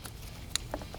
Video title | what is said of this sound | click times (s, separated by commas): Morimoto XB LED Headlights THE BRIGHTEST Options Available for the 2019+ Ford Ranger | you hear a click | 0.5 s